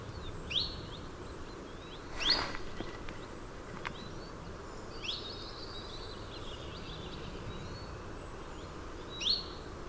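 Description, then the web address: Common chiffchaff giving a few brief thin call notes spaced several seconds apart over a steady background hiss. Calls recorded at Noarootsi on 7 August 2005. "Phylloscopus Phycol 20050807 Noarootsi"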